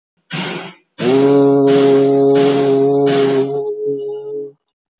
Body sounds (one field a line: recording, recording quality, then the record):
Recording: sustained vowel as in boot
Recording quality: moderate, slight background noise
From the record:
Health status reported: healthy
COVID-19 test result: not tested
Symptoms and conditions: none ticked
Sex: male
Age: 57 years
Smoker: not ticked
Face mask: not worn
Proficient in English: yes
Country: India